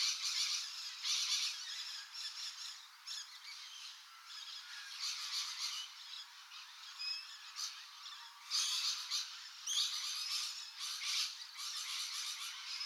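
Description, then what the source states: Parrots calling in harsh, raspy squawks and screeches that come in bursts every second or two, rising and fading irregularly, with a thin hiss between outbursts. Several parrots flying in circles.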